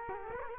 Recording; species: mosquito wingbeat signal from an infrared sensor; Culex quinquefasciatus